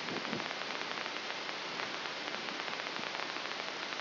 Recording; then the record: brain microelectrode recording played as sound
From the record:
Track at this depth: outside the subthalamic nucleus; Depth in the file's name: 4.898 mm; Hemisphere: left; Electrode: 3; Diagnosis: Parkinson's disease